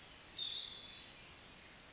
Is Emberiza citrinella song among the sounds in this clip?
no